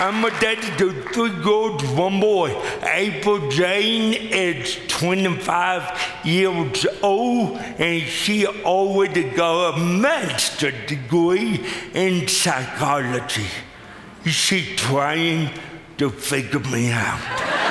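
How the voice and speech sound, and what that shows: An adult man speaks slowly and effortfully, drawing out vowels and sounds, with a strained, high-pitched voice that swoops widely in pitch and some unclear consonants. This speech pattern fits dysarthria in a man born with cerebral palsy.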